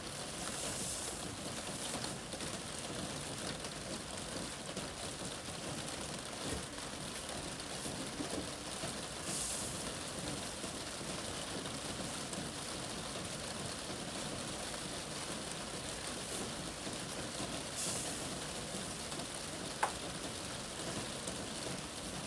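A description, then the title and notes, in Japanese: Rain falls on a roof in a steady, dense patter that holds an even level for the whole stretch. A constant low rumble sits underneath, and brief brighter hissing bursts come through around 1, 9 and 18 seconds. 今日は梅雨の雨の日。屋根に降る雨の音。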